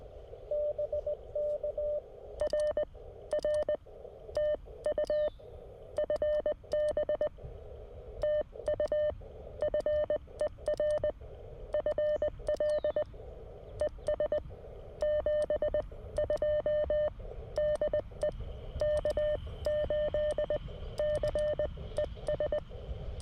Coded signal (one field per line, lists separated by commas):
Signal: Morse code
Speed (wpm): 19 wpm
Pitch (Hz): 600 Hz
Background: none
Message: BK R R TU FB TU FER FL ES 72 DE K8CES